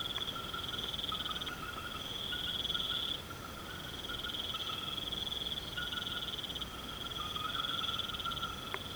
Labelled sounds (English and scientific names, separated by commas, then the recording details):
none
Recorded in pastures near Puerto Asís, Putumayo, Colombia, on 21 March 2025 at 22:30
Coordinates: 0.486, -76.323
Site G075